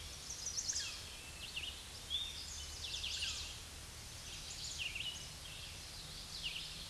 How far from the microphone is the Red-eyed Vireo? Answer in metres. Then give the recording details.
about 25 m. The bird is about level with the microphone. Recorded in a Pennsylvania forest on 16 May 2024 at 07:43. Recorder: AudioMoth, point MSD-2376. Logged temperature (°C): 16.7 °C. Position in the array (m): 149 m, 27 m